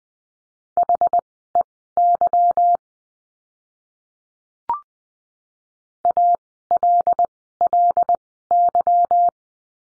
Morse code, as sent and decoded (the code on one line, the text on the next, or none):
.... . -.-- / .- .-.. .-.. -.--
HEY ALLY